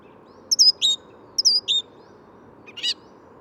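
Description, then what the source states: Song Thrush song: two matching phrases of clear descending whistled notes, then a short scratchy burst, over a soft low hum. Same bird singing about twenty metres up in what looked like an ash, bill opening with each note, at wood's edge near a road; Bois de Vincennes, 14 February 2019, morning, sunny; Nagra Seven, Telinga parabola.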